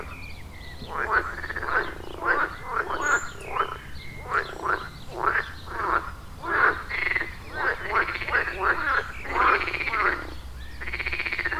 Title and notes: Wohlsborn, Deutschland - Froschkonzert. Frog concert. Froschkonzert am Dorfteich in Wohlsborn